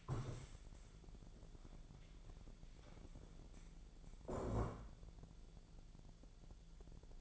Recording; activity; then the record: daily activity, microphone in the room; stand up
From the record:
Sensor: 5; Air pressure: 1000.5 hPa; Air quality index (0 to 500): 150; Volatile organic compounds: 2 ppm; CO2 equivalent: 1160 ppm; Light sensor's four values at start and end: 47/111/46/49 and 47/111/46/49